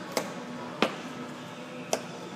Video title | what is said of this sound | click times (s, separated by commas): 2010-2012 Ford Fusion Filler Pipe & Door Replacement P0442 | putting this in here till it snaps | 0.2 s, 0.8 s, 1.9 s